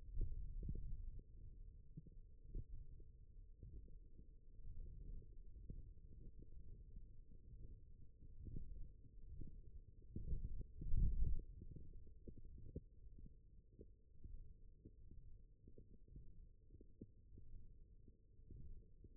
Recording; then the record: forearm muscle sounds (acoustic myography)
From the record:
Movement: wrist flexion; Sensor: system 1, eight BSWA MPA416 microphones around the upper forearm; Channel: 7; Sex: male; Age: 21 years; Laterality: right